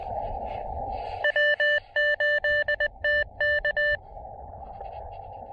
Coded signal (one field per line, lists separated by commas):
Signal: Morse code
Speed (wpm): 19 wpm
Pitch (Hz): 1750 Hz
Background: none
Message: W8TK